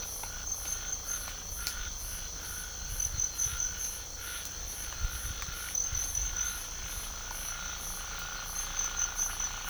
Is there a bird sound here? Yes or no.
no